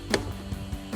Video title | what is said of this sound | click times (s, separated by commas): 2013-2018 RAM 1500 Powered Heated Mirror Review & Install | it snaps back in. | 0.1 s